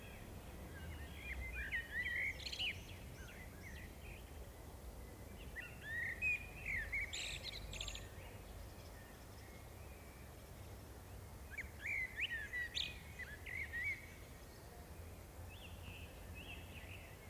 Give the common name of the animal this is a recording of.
Common Blackbird